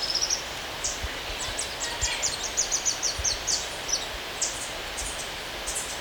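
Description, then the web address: Foothill Elaenia giving a rapid series of thin, high, clipped notes at an uneven pace against a constant background hiss. Recorded in Ecuador. "Birds of Ecuador 3-08 Foothill Elaenia"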